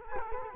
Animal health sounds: mosquito wingbeat signal from an infrared sensor; Culex quinquefasciatus

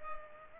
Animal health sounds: mosquito wingbeat signal from an infrared sensor; Culex pipiens

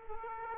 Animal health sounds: mosquito wingbeat signal from an infrared sensor; Aedes aegypti

